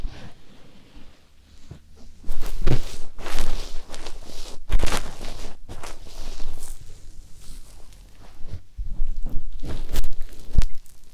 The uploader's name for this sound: ASMR Ear Massage